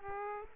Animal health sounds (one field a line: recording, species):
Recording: mosquito wingbeat signal from an infrared sensor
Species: Aedes aegypti